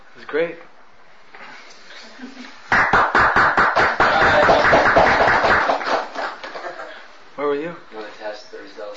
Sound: applause

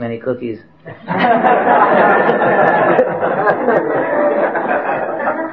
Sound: laughter

